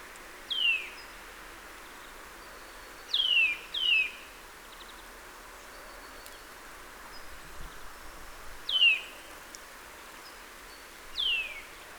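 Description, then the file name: Eurasian nuthatch calls, clear downward-sweeping notes given singly or in pairs every few seconds over a soft hiss of background noise. "Sitta europaea"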